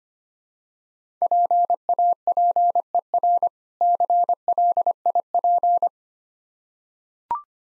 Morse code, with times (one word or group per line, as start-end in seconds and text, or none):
1.2-3.5 PAPER
3.8-5.9 CLIP